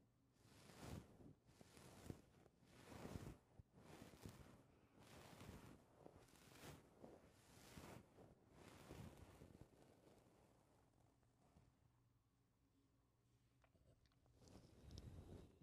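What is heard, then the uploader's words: Microphone touching: repeated rubbing and knocking bursts roughly every second for ten seconds, then quieter faint rustles before a final thump near the end. Mic touching.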